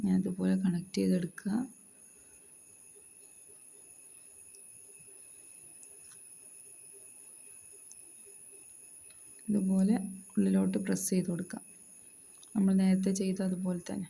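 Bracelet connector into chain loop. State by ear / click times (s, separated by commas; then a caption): not seated / none. A small metal bracelet connector is threaded through the existing chain loop and lined up before being pressed shut. Someone talks at the start, then a long quiet stretch with steady faint background hiss, then more talking near the end. Nothing has seated or clicked yet.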